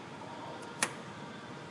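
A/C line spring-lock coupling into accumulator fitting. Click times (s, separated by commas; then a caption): 0.8 s. On a 2003-2011 Ford Crown Victoria / Mercury Grand Marquis, the last metal A/C refrigerant line with lubed O-rings is twisted and pushed into the accumulator fitting. A single sharp, bright click sounds at 0.8 s over a steady low background hiss as the spring-lock coupling snaps home. The coupling is seated and holds solid when tugged.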